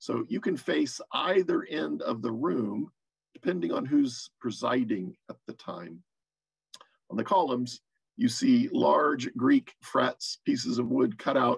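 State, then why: Seated. Someone talks while a hinged wooden desktop, a later edition on a church bench, is flipped up and locks into place so the bench can face either end of the room. A sharp click is heard at 6.7 s, followed by a faint second tick, as the desktop seats.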